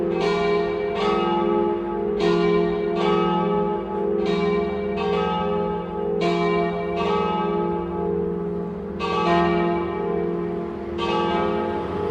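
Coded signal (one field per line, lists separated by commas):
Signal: bell signal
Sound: church bells ringing in a rhythmic peal, strikes about every second, overlapping hum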